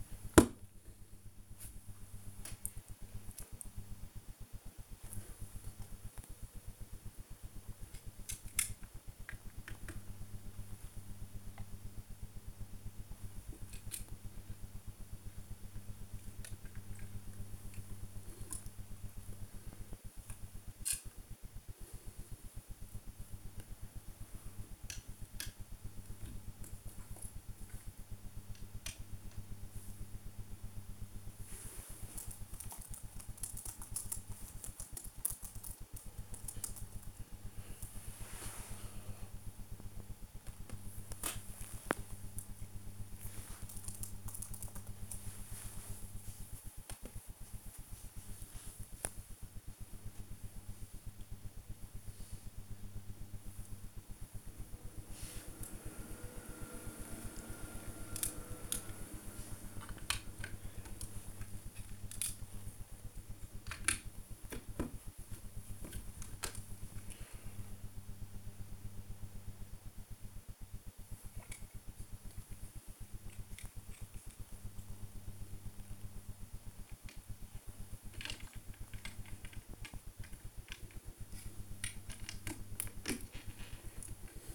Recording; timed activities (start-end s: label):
household activities, microphone on the right wrist
0.00-40.04 s: build with lego
46.08-84.55 s: build with lego